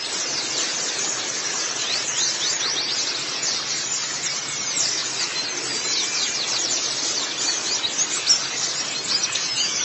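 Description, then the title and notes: White-eye song, a dense run of fast, high, sweeping chirps that continues without pause over a hissy background. "Suara kicauan burung pleci"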